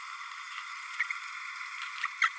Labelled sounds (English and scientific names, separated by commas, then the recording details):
Green-rumped Parrotlet (Forpus passerinus) babbling
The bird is a female
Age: 29 days
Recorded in a nest box in Venezuela
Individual 17B32A7